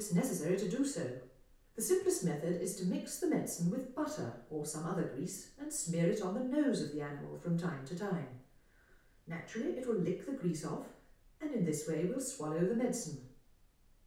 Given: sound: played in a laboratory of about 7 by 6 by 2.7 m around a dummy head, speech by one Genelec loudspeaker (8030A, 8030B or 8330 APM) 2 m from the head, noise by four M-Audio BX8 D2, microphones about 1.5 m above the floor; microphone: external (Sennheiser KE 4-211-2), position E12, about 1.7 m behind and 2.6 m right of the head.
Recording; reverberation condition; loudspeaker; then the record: female speech in English; medium; 30 degrees to the left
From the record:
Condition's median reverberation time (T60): about 510 ms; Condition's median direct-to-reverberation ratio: about -0.5 dB